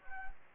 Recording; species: mosquito wingbeat signal from an infrared sensor; Anopheles gambiae